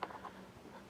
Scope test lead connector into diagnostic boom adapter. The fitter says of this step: all they do they just snap in place